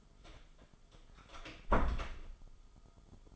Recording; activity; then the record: daily activity, microphone in the room; close door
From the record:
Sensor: 5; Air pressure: 1005.0 hPa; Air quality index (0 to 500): 104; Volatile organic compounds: 2 ppm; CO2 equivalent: 1264 ppm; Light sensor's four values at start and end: 35/80/32/31 and 35/81/32/31